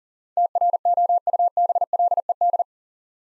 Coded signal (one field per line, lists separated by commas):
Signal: Morse code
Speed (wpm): 40 wpm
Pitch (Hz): 700 Hz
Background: none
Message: TROUBLED